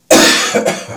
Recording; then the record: coughing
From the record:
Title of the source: Cough Around the Clock!